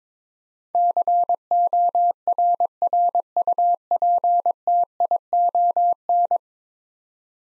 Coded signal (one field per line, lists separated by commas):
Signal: Morse code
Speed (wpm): 22 wpm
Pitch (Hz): 700 Hz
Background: none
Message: CORRUPTION